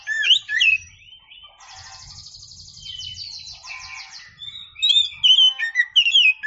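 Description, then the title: Oriental magpie-robin song: loud slurred whistles open and close the phrase, with a fast buzzy trill and softer chatter in between. Champion singing bird. "Kicau Burung Kacer Juara"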